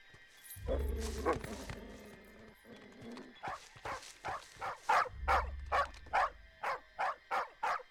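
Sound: dog barking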